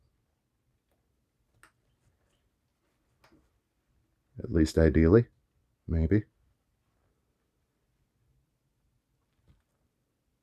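Small plastic clasps on the fabric cape of a 1/6 scale action figure are handled near the figure's body, with faint ticks around 1.6 s and 3.2 s and another near 9.5 s. Someone talks in the middle of the clip. Nothing has seated or clicked into place yet.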